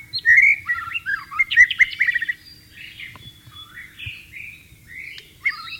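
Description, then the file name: White-rumped shama song: an energetic opening of fast, varied whistles, followed by softer, slurred phrases and a final sharp note. "suara burung murai batu di alam liar"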